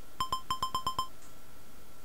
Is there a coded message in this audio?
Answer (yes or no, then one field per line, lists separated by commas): no